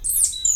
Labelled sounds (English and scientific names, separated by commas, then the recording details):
Stitchbird (Notiomystis cincta) song
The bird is a male
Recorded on Tiritiri Matangi Island, New Zealand, in 2005
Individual 11, of nest box 13